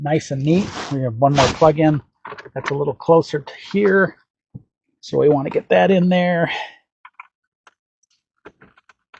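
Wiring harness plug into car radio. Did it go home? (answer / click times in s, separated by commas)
no / none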